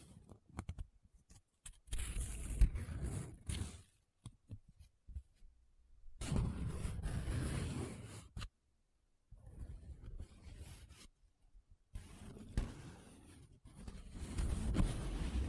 Paper Sounds Tracing, Scratching, Rubbing